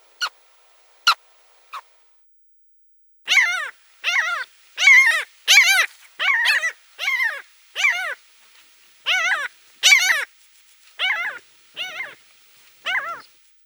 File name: Pomornik korotkohvostyj